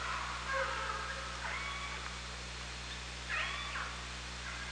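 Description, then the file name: Killer whale calls, a few drawn-out squealing notes with harmonics, over low steady hum. Underwater OrcaLab hydrophone at Parson Island, 24 August 2017, 18:32. "Orca Lab 20170824 183203 PI"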